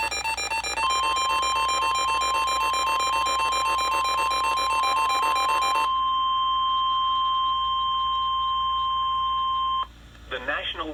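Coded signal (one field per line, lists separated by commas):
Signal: Emergency Alert System (SAME) tones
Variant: 1050 Hz attention tone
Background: speech, music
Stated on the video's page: PDS tornado watch from a NOAA Weather Radio station in Sebring, Florida.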